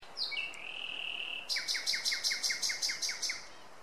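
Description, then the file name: Common nightingale song: a high opening note, then a long steady whistle, followed by a run of about ten rapid repeated notes with downslurred undertones. "Luscinia megarhynchos"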